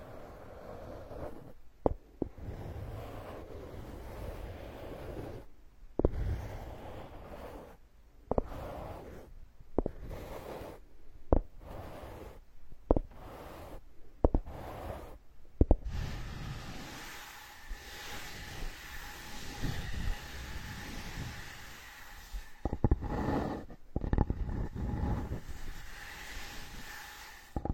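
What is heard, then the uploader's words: Ear picking and ear massage: dense, scratchy rustling over a low rumble, broken by brief silent gaps every second or two through the first half. From about 16 seconds the scraping continues with a faint steady whine underneath and a few sharp clicks. Tree Ear Picking Supreme Spa Ear Massage.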